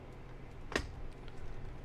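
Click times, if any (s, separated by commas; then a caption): 0.8 s. A plastic snap clip on an Acer Aspire E1-470P-6659 laptop case panel is unsnapped with fingernails after a pry pick doesn't work well, during keyboard removal with the screws out. A sharp snap is heard at 0.8 s, followed by a faint tick at about 1.3 s. The clip releases.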